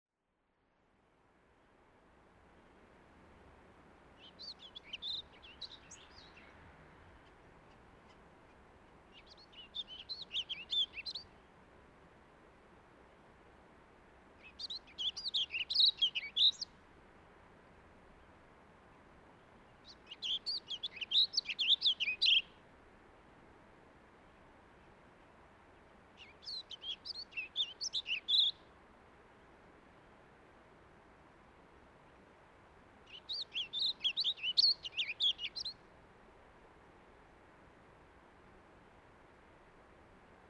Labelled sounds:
Warbling Vireo (Vireo gilvus) song
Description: Warbling Vireo song recorded on the Cub Lake Trail in Rocky Mountain National Park
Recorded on 30 May 2017

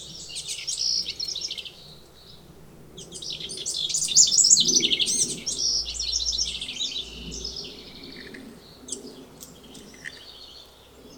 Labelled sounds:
House Wren (Troglodytes aedon)
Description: House Wren song from two different birds recorded on the Fern Lake Trail in Rocky Mountain National Park
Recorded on 10 June 2015

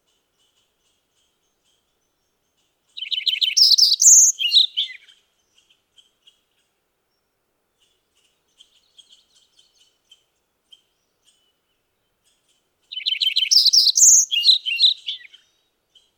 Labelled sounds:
Lincoln's Sparrow (Melospiza lincolnii) song
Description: Lincoln's Sparrow song recorded on the Emerald Lake Trail in Rocky Mountain National Park
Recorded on 29 June 2015

